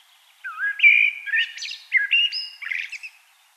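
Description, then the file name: Common blackbird song phrase, a rich fluty warble opening low, then shifting into scratchy, higher twittering notes at the end. "Turdus merula"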